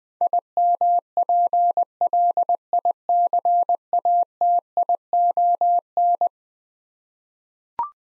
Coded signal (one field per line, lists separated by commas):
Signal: Morse code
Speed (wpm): 20 wpm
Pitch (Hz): 700 Hz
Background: none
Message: IMPLICATION